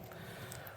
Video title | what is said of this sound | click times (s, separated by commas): Rattling MGC 2x2? Open it up and see what's happening. | like this until we see that tooth click into place like that | 0.5 s